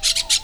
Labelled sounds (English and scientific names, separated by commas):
Brown-throated Parakeet (Eupsittula pertinax) contact call